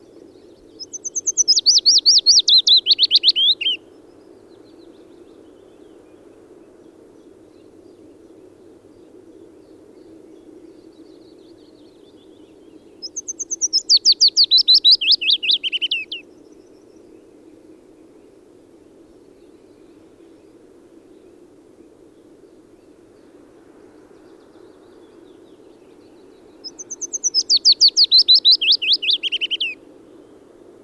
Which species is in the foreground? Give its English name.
Willow Warbler